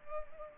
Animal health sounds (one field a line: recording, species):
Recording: mosquito wingbeat signal from an infrared sensor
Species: Culex pipiens